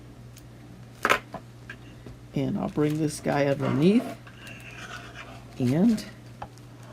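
The bottom piece of a magnetic fabric clip is brought under the edge of an embroidery hoop while someone talks, with a few short handling taps and rustles, the sharpest near 1.1 s. Nothing has seated or clicked into place yet when the clip ends.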